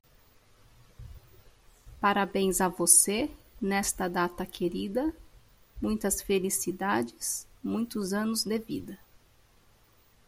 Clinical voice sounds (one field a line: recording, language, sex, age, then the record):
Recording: short text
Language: Brazilian Portuguese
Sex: female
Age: 30 to 39 years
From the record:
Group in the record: control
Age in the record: 39 years